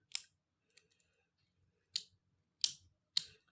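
The plastic layer of a Driger Slash Heavy Fusion Beyblade Burst spinning top is twisted onto its disc and driver to assemble it. Its burst teeth ratchet with four sharp clicks at 0.2, 2.0, 2.6 and 3.2 seconds, with a faint tick at 0.8 seconds. The layer locks in place, seated on the driver.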